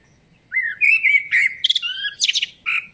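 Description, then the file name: Eurasian blackbird singing a short phrase. A mellow sliding whistle moves into a higher squeaky twitter, ending with a separate short chirp. "Turdus merula"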